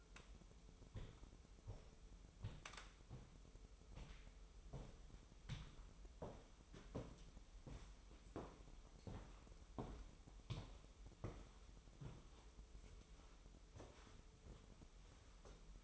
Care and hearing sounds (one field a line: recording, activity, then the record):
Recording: daily activity, microphone in the room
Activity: walk to room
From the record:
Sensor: 1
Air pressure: 988.3 hPa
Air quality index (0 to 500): 199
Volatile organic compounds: 1000 ppm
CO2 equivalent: 5321 ppm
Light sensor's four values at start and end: 26/97/37/38 and 26/97/36/38